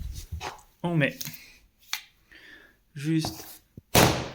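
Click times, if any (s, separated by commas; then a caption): 4.0 s. A click-lock laminate/parquet floating floor plank is knocked into the neighbouring board's joint with a light mallet tap at the door frame. Someone talks, then a sharp tap lands at 3.9 s and the plank snaps into the joint, seated perfectly.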